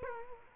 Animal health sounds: mosquito wingbeat signal from an infrared sensor; Culex quinquefasciatus

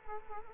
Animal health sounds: mosquito wingbeat signal from an infrared sensor; Culex quinquefasciatus

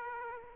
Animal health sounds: mosquito wingbeat signal from an infrared sensor; Aedes aegypti

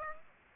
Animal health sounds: mosquito wingbeat signal from an infrared sensor; Aedes aegypti

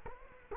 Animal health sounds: mosquito wingbeat signal from an infrared sensor; Culex quinquefasciatus

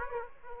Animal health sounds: mosquito wingbeat signal from an infrared sensor; Aedes aegypti

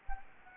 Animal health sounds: mosquito wingbeat signal from an infrared sensor; Anopheles gambiae

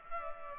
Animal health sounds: mosquito wingbeat signal from an infrared sensor; Culex pipiens

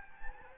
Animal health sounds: mosquito wingbeat signal from an infrared sensor; Anopheles gambiae

